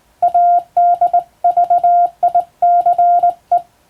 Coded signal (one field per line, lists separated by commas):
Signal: Morse code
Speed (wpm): 21 wpm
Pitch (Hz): 700 Hz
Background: none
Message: ADVICE